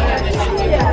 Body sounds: background sound without coughing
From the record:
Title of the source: Nightlife Party Simulating Party Club Noise 1 Hour

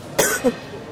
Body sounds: coughing mixed with background sound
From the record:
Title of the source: 30 Chesty and wet cough

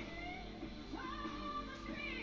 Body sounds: background sound without coughing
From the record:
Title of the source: BackgroundMusic2

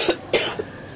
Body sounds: coughing mixed with background sound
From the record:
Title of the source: 55 gaggy wet cough

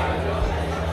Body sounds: background sound without coughing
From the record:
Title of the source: CITY SOUNDS Busy Bar in the Evening Night - 2 HOURS of Ambiance for Relaxation

